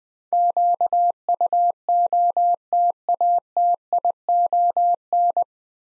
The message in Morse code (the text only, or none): QUOTATION